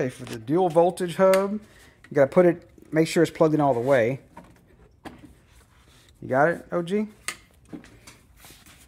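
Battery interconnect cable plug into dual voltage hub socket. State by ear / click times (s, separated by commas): not seated / none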